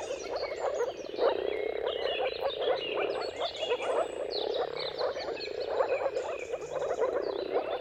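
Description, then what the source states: Moor frogs in a dense mating chorus, soft low bubbling calls overlapping without pause, with bird song twittering above throughout. Moor frogs in mating chorus at sunrise, at the turn of March and April depending on the weather.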